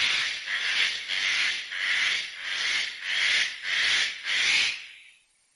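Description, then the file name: Eclectus parrot giving a series of several harsh, raspy screeches in quick succession, the last one fading out. "Canto do papagaio ecletus"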